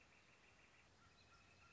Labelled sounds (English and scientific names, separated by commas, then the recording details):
Northern Flicker (Colaptes auratus)
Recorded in Sonoma County, California